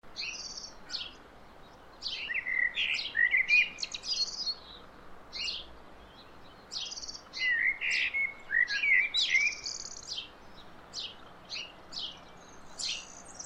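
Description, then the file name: Eurasian blackbird song: warbled mid-pitched phrases run into high, squeaky twittering notes, in bursts separated by short pauses. "Turdus merula"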